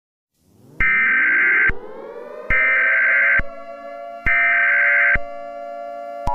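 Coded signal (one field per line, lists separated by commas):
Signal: Emergency Alert System (SAME) tones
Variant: header bursts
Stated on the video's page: Fictional EAS scenario.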